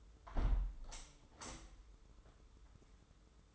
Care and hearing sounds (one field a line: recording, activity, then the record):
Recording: daily activity, microphone in the room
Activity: close window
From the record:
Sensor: 3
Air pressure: 995.7 hPa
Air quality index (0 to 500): 98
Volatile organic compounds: 14 ppm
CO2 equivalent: 2459 ppm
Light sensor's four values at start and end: 28/83/35/30 and 28/83/35/30